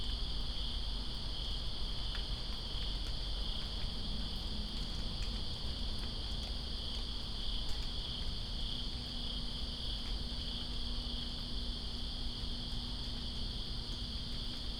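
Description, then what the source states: Crickets trill continuously in a high chorus while rain patters steadily, with scattered clicks of dripping water. Crickets recorded in rain, Greensboro, 2 September 2017.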